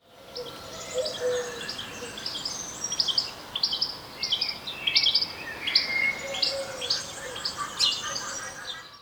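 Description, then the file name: European goldfinch: bright, liquid twittering chirps in quick clusters over a steady background hiss. "Carduelis carduelis"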